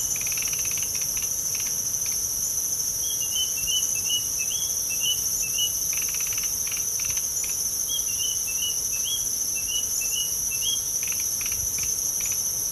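White-starred robin singing brief rising whistled notes in rapid runs separated by short pauses, set against a constant shrill insect drone.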